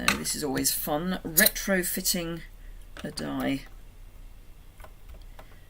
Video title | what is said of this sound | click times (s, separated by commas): Chat and Craft LIVE REPLAY - Featuring Fitting Florets Collection | You kind of need to get it until it clicks into place. Oh, I see what happened. | none